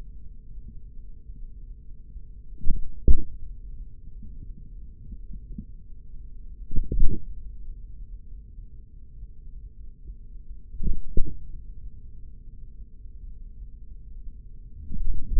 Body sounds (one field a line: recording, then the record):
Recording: forearm muscle sounds (acoustic myography)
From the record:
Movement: hand closing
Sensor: system 3, bracelet of six PUI Audio POM-2738L microphones around the upper forearm, with dedicated amplification and filtering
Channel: 3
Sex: male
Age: 56 years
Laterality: right